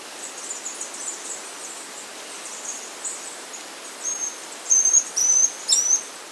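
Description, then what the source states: White-tailed tyrannulet calls: a few thin, very high whistled notes, short and slightly slurred, coming in a quick cluster near the end over steady hiss. Recorded in South America.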